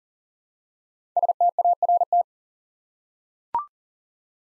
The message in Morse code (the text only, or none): START